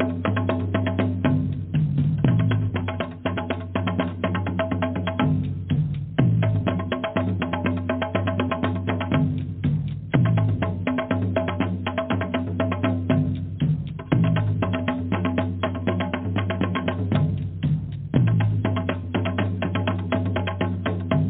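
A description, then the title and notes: Drumming in a steady, dense groove of rapid regular hits over a low throbbing bass, cycling in a repeating pattern every few seconds. Drumming: Powerful. Drumming vibrations.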